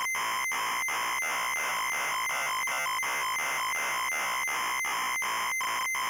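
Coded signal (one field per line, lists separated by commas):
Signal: ZX Spectrum tape loading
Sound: continuous harsh raspy screech of fast-alternating tones with brief gaps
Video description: Loading and short gameplay introduce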